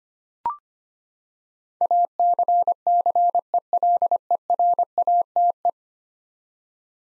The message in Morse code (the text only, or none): ACCELERATE